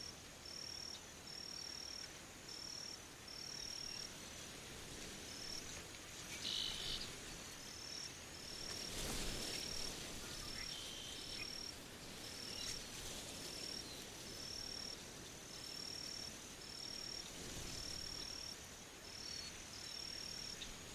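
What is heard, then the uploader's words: On an open prairie, insects trill in steady high repeating pulses over a soft rushing hush, with a louder gust of wind near the middle. Kissimmee Prairie is a tranquil and breathtaking grassland landscape in SE Florida. This soundscape was recorded on the evening of April 11, 2022.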